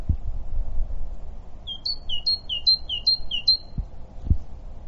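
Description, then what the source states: Great tit song: a high two-note phrase, lower then higher, repeated five times over two seconds, with a few low thumps in the background. Recorded on 11 March 2015.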